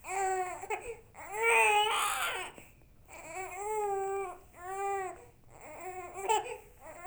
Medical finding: Baby Cry.